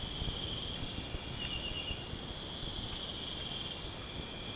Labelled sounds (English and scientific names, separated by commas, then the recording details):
none
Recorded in pastures near Puerto Asís, Putumayo, Colombia, on 23 June 2025 at 04:00
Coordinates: 0.496, -76.326
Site GP01